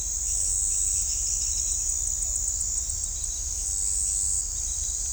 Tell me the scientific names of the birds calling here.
none